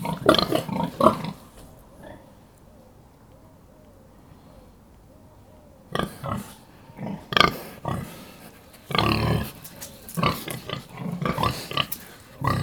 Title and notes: Via 1° Maggio, 11, 21020 Bernate VA, Italia - Un maiale nero con i suoi sei maialini in atto di allattamento. Besnate - Cascina Pasque' - 20181211